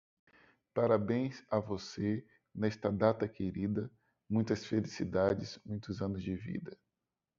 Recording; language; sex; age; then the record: short text; Brazilian Portuguese; male; 30 to 39 years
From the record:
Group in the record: control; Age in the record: 38 years